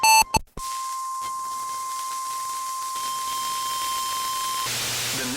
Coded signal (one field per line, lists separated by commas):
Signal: Emergency Alert System (SAME) tones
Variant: 1050 Hz attention tone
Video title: A GREAT RECORDING METHOD... (EAS Captures from 2026-6-10 to 2026-6-11) (EAS #10 - #29)